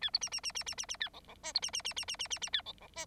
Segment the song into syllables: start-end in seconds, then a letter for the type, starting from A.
0.01-0.10 A, 0.13-0.19 B, 0.21-0.29 C, 0.32-0.41 C, 0.43-0.52 C, 0.55-0.64 C, 0.66-0.75 C, 0.78-0.86 C, 0.88-0.97 C, 1.00-1.09 A, 1.13-1.20 D, 1.28-1.35 D, 1.43-1.53 E, 1.54-1.60 B, 1.62-1.71 C, 1.73-1.82 C, 1.84-1.94 C, 1.96-2.05 C, 2.08-2.17 C, 2.19-2.28 C, 2.30-2.39 C, 2.41-2.50 C, 2.53-2.62 A, 2.65-2.73 D, 2.81-2.88 D, 2.95-3.05 E